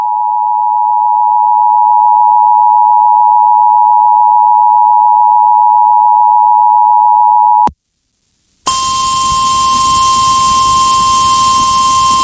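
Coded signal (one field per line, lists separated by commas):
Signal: Emergency Alert System (SAME) tones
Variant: 853 and 960 Hz attention tone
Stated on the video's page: Severe thunderstorm warning relayed by FM station KALT.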